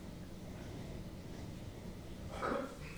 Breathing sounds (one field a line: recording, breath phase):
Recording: one breath near a microphone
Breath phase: exhalation